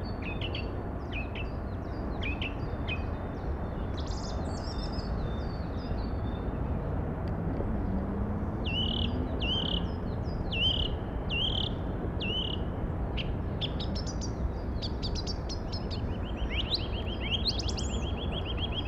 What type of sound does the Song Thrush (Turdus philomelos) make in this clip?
song